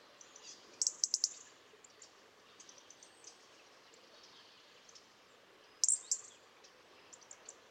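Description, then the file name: European robin giving sharp, very high ticking calls in quick clusters of three or four, one burst early and another near the end, over a faint hiss. "Erithacus rubecula"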